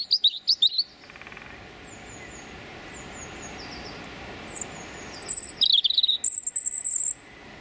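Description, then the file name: European robin with a brief opening warble, a long pause holding faint high notes, then a louder run of tumbling, high-pitched whistles and trills. Male singing his territorial song. "European Robin Erithacus rubecula male singing his territorial song"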